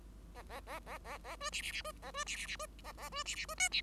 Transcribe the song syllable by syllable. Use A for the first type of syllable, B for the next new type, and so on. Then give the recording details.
A A A A A A B C C C B A B C C C B A A B C C B D C. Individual Bird5